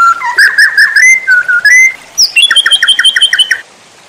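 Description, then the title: White-rumped shama song opening with fluty whistles and slurs, then switching to a fast, evenly repeated string of bright chirps. Masteran training recording for caged birds, titled Labaik. "MASTERAN MURAI BATU LABAIK"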